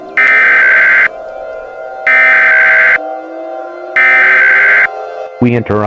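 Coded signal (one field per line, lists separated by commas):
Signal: Emergency Alert System (SAME) tones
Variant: header bursts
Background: speech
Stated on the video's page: Mock emergency alert scenario; air quality index disaster theme, fictional analog-horror recreation.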